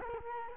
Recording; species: mosquito wingbeat signal from an infrared sensor; Culex quinquefasciatus